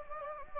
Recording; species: mosquito wingbeat signal from an infrared sensor; Anopheles gambiae